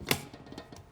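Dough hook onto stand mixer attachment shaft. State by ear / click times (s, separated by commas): not seated / none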